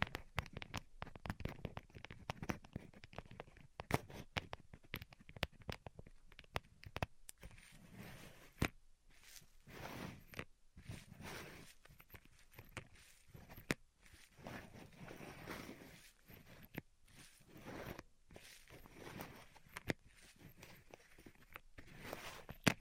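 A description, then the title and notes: A band-aid being ripped off, a dense run of irregular crackles, ticks and rustling bursts continuing throughout, with brief quieter gaps in between. ASMR Ripping Off the Band Aid (No Talking).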